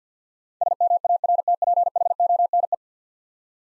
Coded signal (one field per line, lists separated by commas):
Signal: Morse code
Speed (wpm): 50 wpm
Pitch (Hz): 700 Hz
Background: none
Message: SMARTPHONE